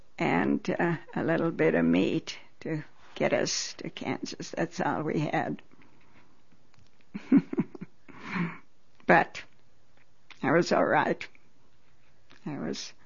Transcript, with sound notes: and a little bit of meat, to get us to Kansas. That's all we had. (She laughs.) But I was all right. I was,